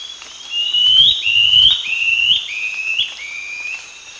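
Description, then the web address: White-throated Antbird song, a run of about six clear whistled notes, each rising slightly, stepping gradually lower in pitch over three seconds. Peru, Amazon region. "Birds of the Amazon 2. White-throated Antbird (Gymnopithys salvini), Peru"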